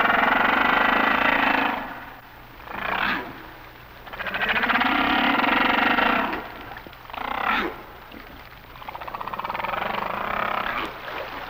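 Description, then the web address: Humpback whale song with long, roughly textured moans alternating with brief rising whoops, each phrase a few seconds long, over constant water hiss. "Whale Songs Sounds of Nature - Humpback Whales"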